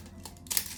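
During maintenance of an airsoft replica, a plastic part is fitted on; it goes on by itself with no struggle and fits together perfectly. Soft rustling and crinkling handling with a faint tap precede a sharp plastic click at 0.6 s. The part seats in place.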